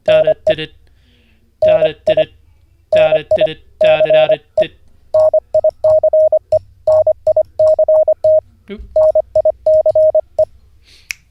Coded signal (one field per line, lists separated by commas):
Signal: Morse code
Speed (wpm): 25 wpm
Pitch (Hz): 620 Hz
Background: speech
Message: NE NI NI CE NICE NICT NICE